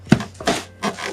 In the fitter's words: there we go and you'll feel it click into place